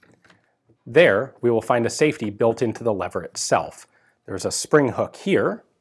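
Someone talks about the safety on a First Variation Flatside Winchester 1895 Musket lever-action rifle: a spring-loaded hook on the lower part of the steel action lever that latches into the lever when it is closed, so the gun cannot fire out of battery. Only a few faint ticks are heard in the first half second before the talking begins. The hook has not latched or clicked into place yet.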